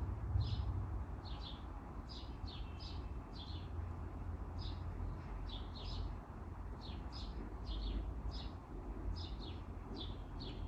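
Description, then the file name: Bird calling with brief high chirps, often doubled or tripled in rapid succession, repeated steadily throughout above a heavy low-pitched background drone. "Pajaros Birds"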